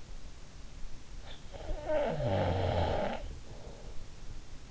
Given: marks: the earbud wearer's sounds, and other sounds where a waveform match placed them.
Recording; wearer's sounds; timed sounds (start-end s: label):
sounds in sleep by an in-ear microphone; snoring breath
1.23-4.00 s: snoring breath